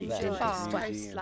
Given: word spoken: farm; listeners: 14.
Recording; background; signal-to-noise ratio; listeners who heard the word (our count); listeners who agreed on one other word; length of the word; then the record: one English word in noise, from a listening test; four-talker babble; -2.0 dB; 0 of 14; 7 of 14; 0.82 s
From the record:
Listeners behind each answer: 7, 3, 1, 1, 1, 1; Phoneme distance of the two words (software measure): 7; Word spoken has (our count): 1 syllable, 3 phonemes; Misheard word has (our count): 1 syllable, 2 phonemes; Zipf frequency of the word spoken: 4.81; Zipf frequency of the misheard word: 5.61